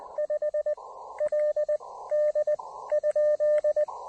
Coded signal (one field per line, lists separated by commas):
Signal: Morse code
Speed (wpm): 21 wpm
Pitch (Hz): 590 Hz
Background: none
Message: 5 LD ?